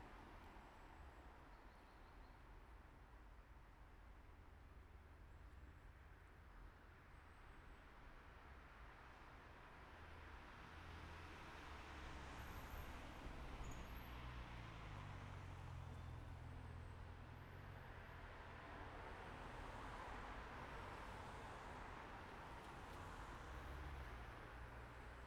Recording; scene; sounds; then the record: everyday scene through a hearing-aid microphone; in traffic; traffic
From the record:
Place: main road on the outskirts, rush hour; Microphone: behind the ear, right, rear